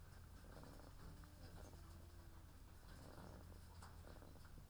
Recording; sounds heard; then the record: poultry house recording; sick chickens (respiratory disease)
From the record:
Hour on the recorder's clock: 13